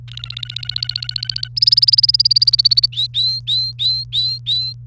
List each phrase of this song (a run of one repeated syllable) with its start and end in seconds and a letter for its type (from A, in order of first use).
0.08-1.48 A, 1.56-2.86 B, 2.92-4.73 C